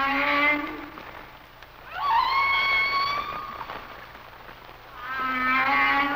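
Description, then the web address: Humpback whale song: a rising moan, a higher upswept wail held for about a second and a half, then another low rising moan, over soft hiss. "Whale Songs Sounds of Nature - Humpback Whales"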